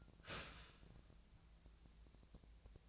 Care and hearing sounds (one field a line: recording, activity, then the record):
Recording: daily activity, microphone in the room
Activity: start toaster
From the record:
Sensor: 2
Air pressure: 1000.0 hPa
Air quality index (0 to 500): 150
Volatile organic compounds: 2 ppm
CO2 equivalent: 1272 ppm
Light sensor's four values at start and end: 24/60/25/27 and 24/60/25/28